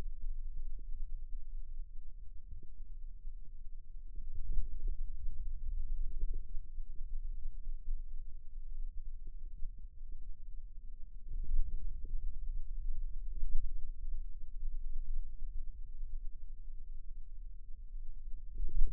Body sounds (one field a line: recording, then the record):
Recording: forearm muscle sounds (acoustic myography)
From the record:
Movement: radial deviation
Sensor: system 2, bracelet of six BSWA MPA416 microphones around the upper forearm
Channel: 5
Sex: male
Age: 22 years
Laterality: right